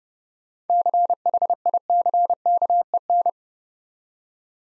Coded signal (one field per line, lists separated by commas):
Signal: Morse code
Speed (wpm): 30 wpm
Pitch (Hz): 700 Hz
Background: none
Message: CHICKEN